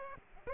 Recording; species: mosquito wingbeat signal from an infrared sensor; Aedes aegypti